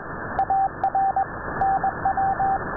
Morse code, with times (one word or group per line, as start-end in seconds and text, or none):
0.4-1.2 AR
1.6-2.6 NW